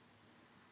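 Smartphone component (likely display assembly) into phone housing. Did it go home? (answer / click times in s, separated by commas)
no / none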